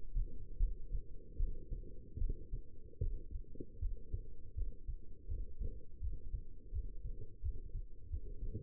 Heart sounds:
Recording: heart sounds by stethoscope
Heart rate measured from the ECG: 80 bpm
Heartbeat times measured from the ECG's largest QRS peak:
0.57 s: heartbeat
1.37 s: heartbeat
2.18 s: heartbeat
3.00 s: heartbeat
3.79 s: heartbeat
4.54 s: heartbeat
5.27 s: heartbeat
6.00 s: heartbeat
6.72 s: heartbeat
7.42 s: heartbeat
8.09 s: heartbeat
From the record:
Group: healthy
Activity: rest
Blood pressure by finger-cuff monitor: 130/85 mmHg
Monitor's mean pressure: 97 mmHg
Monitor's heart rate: 80 bpm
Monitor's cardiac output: 6.4 L/min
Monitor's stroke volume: 83 mL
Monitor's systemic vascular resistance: 1220 dyn s/cm5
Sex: female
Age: 22 years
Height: 171 cm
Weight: 65.6 kg

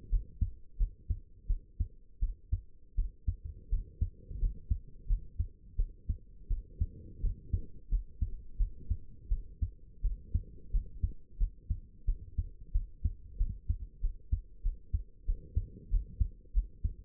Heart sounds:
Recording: heart sounds by stethoscope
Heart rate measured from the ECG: 88 bpm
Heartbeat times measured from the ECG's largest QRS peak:
0.10 s: heartbeat
0.78 s: heartbeat
1.48 s: heartbeat
2.20 s: heartbeat
2.96 s: heartbeat
3.70 s: heartbeat
4.39 s: heartbeat
5.07 s: heartbeat
5.77 s: heartbeat
6.48 s: heartbeat
7.21 s: heartbeat
7.89 s: heartbeat
8.58 s: heartbeat
9.29 s: heartbeat
10.02 s: heartbeat
10.72 s: heartbeat
11.38 s: heartbeat
12.06 s: heartbeat
12.72 s: heartbeat
13.38 s: heartbeat
14.01 s: heartbeat
14.63 s: heartbeat
15.26 s: heartbeat
15.90 s: heartbeat
16.53 s: heartbeat
From the record:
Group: healthy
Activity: rest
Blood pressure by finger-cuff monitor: 87/48 mmHg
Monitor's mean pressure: 63 mmHg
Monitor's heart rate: 89 bpm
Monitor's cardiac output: 8.4 L/min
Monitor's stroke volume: 98 mL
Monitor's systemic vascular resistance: 530 dyn s/cm5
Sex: female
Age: 22 years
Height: 161 cm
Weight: 65.5 kg

